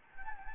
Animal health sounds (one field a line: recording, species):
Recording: mosquito wingbeat signal from an infrared sensor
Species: Anopheles gambiae